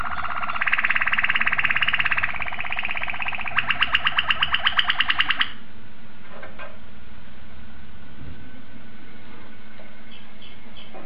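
Domestic canary song: a dense buzzing trill, then a faster ringing trill of separate notes, stopping after about five seconds with only faint notes after.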